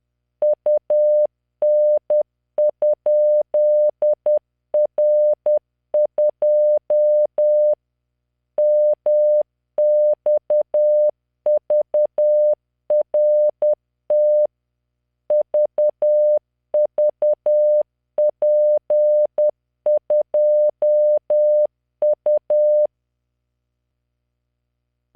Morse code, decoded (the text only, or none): UN?R2 MXVRT VVP2U